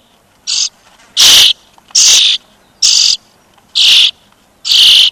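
European starling harsh calls: loud, rasping, buzzy screeches about a third of a second long, repeated roughly once a second in a quiet background.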